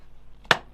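Plastic levers holding a sediment filter in its housing are opened, giving one sharp click at 0.5 s against a quiet background. The levers are released and unclipped.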